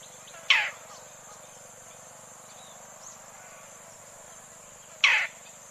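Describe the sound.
Roller calls twice, each a brief raspy squawk, roughly four and a half seconds apart, over a constant thin high-pitched hum.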